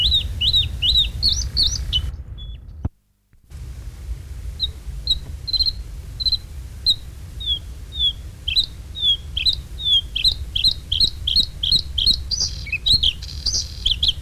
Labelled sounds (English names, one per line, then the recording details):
Bluethroat song
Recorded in the wild
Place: Neustadt am Rübenberge, Niedersachsen, DE
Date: 1967-05-27
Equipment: Halbspur, 9,5 cm/s
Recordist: Lütgens, Hans